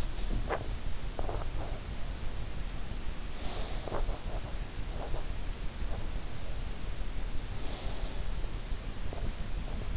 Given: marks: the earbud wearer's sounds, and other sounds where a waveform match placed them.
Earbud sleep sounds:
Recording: sounds in sleep by an in-ear microphone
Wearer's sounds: teeth grinding, snoring breath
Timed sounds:
0.00-2.11 s: teeth grinding
3.47-4.44 s: teeth grinding
7.73-8.79 s: snoring breath

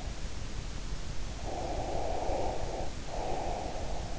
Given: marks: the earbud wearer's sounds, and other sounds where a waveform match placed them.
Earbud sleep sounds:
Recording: sounds in sleep by an in-ear microphone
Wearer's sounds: breath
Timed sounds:
1.43-4.16 s: breath

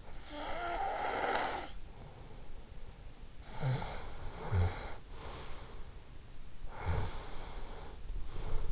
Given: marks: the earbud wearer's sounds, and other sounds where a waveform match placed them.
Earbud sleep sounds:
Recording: sounds in sleep by an in-ear microphone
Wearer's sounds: snoring breath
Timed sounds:
0.25-1.99 s: snoring breath
3.33-5.59 s: snoring breath
6.52-8.72 s: snoring breath

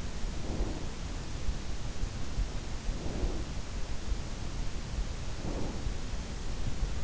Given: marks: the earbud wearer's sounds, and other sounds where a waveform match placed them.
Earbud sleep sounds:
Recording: sounds in sleep by an in-ear microphone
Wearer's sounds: breath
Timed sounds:
0.08-1.31 s: breath
2.61-3.57 s: breath
5.00-6.29 s: breath

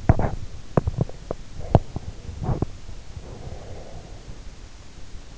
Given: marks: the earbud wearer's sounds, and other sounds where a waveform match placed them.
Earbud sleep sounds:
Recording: sounds in sleep by an in-ear microphone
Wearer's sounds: body movement, breath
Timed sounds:
0.00-2.85 s: body movement
3.08-4.64 s: breath

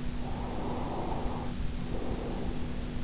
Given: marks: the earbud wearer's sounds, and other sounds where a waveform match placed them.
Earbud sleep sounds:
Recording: sounds in sleep by an in-ear microphone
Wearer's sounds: breath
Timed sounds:
0.28-3.01 s: breath

